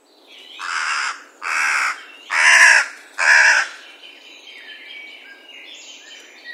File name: Corvus corone